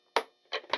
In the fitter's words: Pops into place.